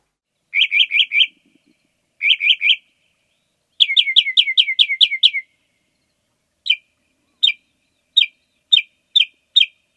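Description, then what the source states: Northern Mockingbird song: short sets of rapid repeated notes, then a longer run, then a series of single sharp notes spaced apart. Song sounds somewhat mocking; distributed mainly in North America.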